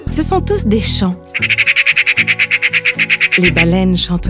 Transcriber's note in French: croassement